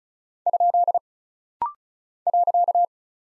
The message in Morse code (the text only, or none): ? .